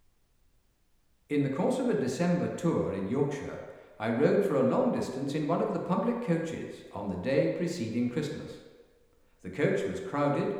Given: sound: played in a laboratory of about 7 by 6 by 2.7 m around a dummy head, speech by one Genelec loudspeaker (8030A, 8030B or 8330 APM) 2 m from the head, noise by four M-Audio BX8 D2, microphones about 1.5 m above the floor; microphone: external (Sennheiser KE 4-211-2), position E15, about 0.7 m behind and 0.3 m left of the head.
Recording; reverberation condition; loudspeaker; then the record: male speech in English; high; 150 degrees to the left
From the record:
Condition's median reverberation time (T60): about 1300 ms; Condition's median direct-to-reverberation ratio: about -4.0 dB